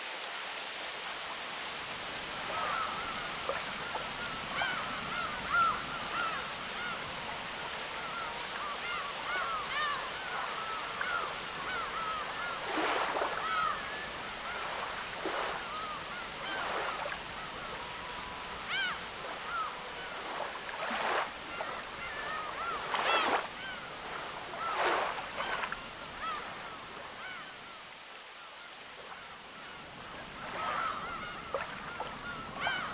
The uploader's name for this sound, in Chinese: 雨林，鸟儿，小溪，水流，下雨